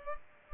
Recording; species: mosquito wingbeat signal from an infrared sensor; Culex pipiens